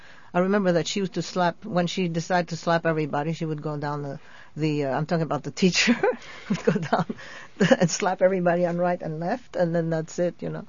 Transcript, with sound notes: I remember that she used to slap, when she decided to slap everybody, she would go down the, uh, I'm talking about the teacher. ( she laughs ) Would go down and slap everybody on right and left, and then that's it, you know.